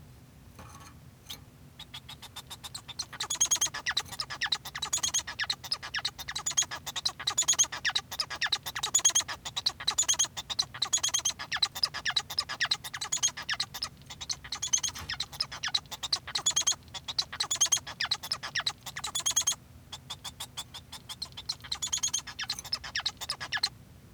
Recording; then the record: song of a male Bengalese finch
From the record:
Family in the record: son of father 1